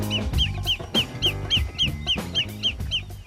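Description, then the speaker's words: Lesser Yellowlegs calls, short clear whistled notes repeated about three or four per second, over a low musical background. Characteristic short call of one or two notes, played on the radio to introduce the species. "y por este característico y corto reclamo de una o dos notas"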